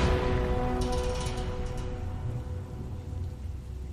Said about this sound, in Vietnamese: Vừa dứt lời thì bên kia đất động, từ trên trời cao một ngọn lửa xẹt lớn ngang qua, một tiếng ầm rung chuyển cả đất trời. Cô Mười bị sét đánh trúng, khói bốc lên ngùn ngút, và Mười chết ngay tức khắc.